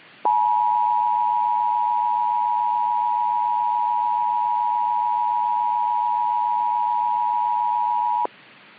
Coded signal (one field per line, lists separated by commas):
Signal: Emergency Alert System (SAME) tones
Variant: 853 and 960 Hz attention tone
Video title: The Cyclone (EAS Scenario)